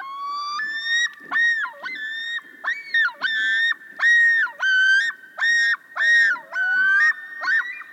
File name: Welcoming Back Common Loons